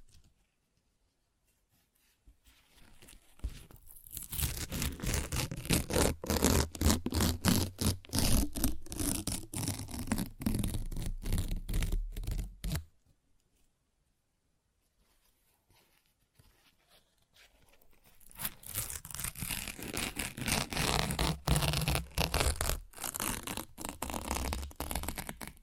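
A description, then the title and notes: Paper is ripped and torn in two long bouts, the first from about 3 to 13 seconds and the second from about 18 seconds to the end. Each bout is a dense, crackling run of quick rips and crinkles, separated by near silence. ASMR Paper Ripping Tearing Sounds (No Talking).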